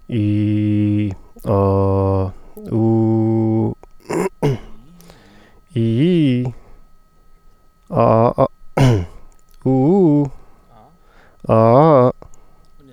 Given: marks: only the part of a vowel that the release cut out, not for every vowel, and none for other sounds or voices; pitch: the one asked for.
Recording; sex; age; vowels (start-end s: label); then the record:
sustained vowels; male; 20 to 29 years
0.23-1.03 s: vowel /i/, low pitch
1.57-2.19 s: vowel /a/, low pitch
2.81-3.65 s: vowel /u/, low pitch
5.79-6.41 s: vowel /i/, low-high-low pitch
9.70-10.22 s: vowel /u/, low-high-low pitch
11.54-12.06 s: vowel /a/, low-high-low pitch
From the record:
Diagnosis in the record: healthy voice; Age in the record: 28 years